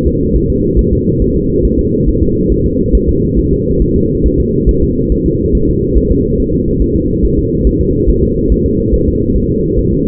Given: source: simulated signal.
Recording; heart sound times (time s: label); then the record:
fetal heart sounds
0.07 s: S2
0.36 s: S1
0.50 s: S2
0.79 s: S1
0.93 s: S2
1.22 s: S1
1.36 s: S2
1.65 s: S1
1.79 s: S2
2.08 s: S1
2.22 s: S2
2.52 s: S1
2.66 s: S2
2.95 s: S1
3.09 s: S2
3.39 s: S1
3.53 s: S2
3.82 s: S1
3.96 s: S2
4.26 s: S1
4.40 s: S2
4.69 s: S1
4.83 s: S2
5.12 s: S1
5.26 s: S2
5.55 s: S1
5.69 s: S2
5.97 s: S1
6.11 s: S2
6.40 s: S1
6.54 s: S2
6.82 s: S1
6.96 s: S2
7.25 s: S1
7.39 s: S2
7.67 s: S1
7.81 s: S2
8.09 s: S1
8.23 s: S2
8.52 s: S1
8.66 s: S2
8.94 s: S1
9.08 s: S2
9.36 s: S1
9.50 s: S2
9.78 s: S1
9.93 s: S2
From the record:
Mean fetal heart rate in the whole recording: 140 bpm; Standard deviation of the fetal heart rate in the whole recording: 2 bpm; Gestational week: 34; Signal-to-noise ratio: -10.2 dB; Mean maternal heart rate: 72 bpm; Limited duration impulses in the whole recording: present